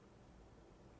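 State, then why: Not seated. A large outer plastic cap is handled over a used injector pen needle, to be pushed on until it clicks before the needle is twisted off. Only a steady low hiss and faint rustling are heard. Nothing has seated or clicked yet.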